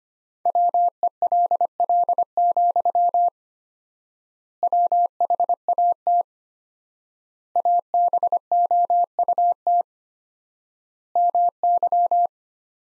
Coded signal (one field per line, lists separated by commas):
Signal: Morse code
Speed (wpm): 25 wpm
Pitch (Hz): 700 Hz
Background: none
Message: WELL, WHAT ABOUT MY